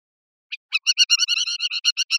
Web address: Capped wheatear. صدای-پرنده-چکچک-کلاهدار